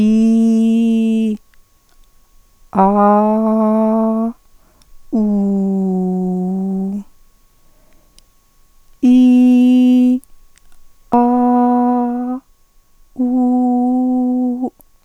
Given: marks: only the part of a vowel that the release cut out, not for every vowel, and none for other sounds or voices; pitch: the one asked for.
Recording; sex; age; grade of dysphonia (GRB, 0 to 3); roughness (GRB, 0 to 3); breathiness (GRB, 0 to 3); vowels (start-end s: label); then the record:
sustained vowels; female; 50 to 59 years; 1; 0; 0
0.00-1.27 s: vowel /i/, normal pitch
5.22-6.80 s: vowel /u/, normal pitch
9.09-10.09 s: vowel /i/, high pitch
13.36-14.30 s: vowel /u/, high pitch
From the record:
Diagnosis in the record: hypofunctional dysphonia, contact pachydermia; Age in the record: 56 years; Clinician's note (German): Leichte Form der hypofunktionellen Dysph.